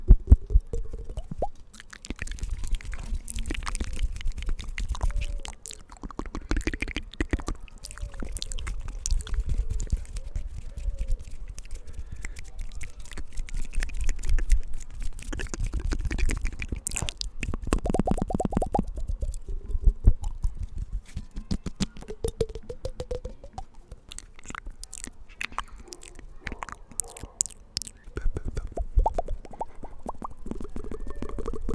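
Soft mouth and hand sounds outdoors: dense wet clicks, smacks and rubbing, with low murmuring rumbles swelling around sixteen seconds, throughout.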